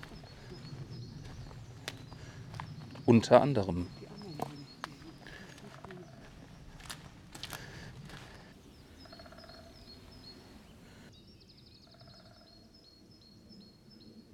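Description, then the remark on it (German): A woodpecker drums a short, rapid burst of knocks, followed by a few scattered single taps, while thin, high bird chirps repeat in the background and a voice speaks briefly. “Dafür kannst du jetzt hier den Specht hören.”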